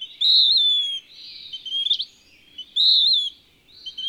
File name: Western Wood-pewee